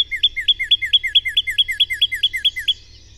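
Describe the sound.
Bird song made of a steady, rapid series of identical chirps, each a sharp high note falling into a lower slur, ending abruptly, then quiet.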